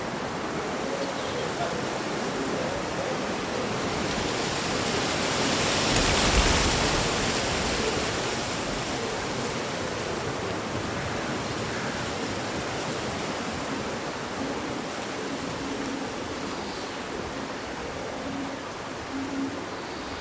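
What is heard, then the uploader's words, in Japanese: Leaves rustle in a summer breeze as a dense, steady hiss, full from low to bright. The wind swells into a louder gust around six to seven seconds, then settles back. A few faint, short bird chirps peep through the rustle later on. そよ風の吹く夏の日、ざわめく葉と鳥のさえずり。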